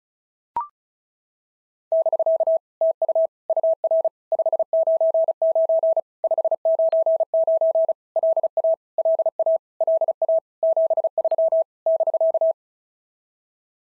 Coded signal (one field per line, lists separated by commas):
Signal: Morse code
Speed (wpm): 36 wpm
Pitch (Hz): 650 Hz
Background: none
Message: <BK> TU UR 599 599 LA LA LA 73 <BK>